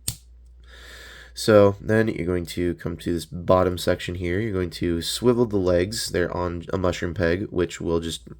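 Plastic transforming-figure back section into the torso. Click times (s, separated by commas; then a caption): 0.1 s. The plastic back section of a Transformers Studio Series Transformers One Deluxe Megatron figure is folded back and snaps into place in the torso with one clear snap at 0.1 s. After a quiet stretch, someone talks for the rest of the clip.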